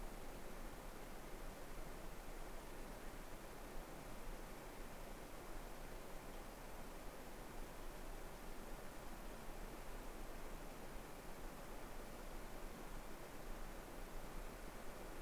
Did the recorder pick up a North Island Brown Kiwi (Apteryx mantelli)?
no